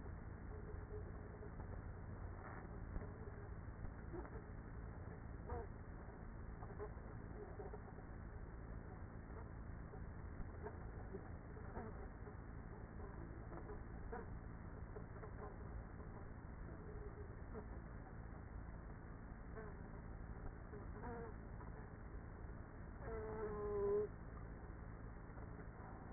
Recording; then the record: honeybee colony, microphone inside the hive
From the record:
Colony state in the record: queenless with a low population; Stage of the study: after two queens were removed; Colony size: about 30,000 bees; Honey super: no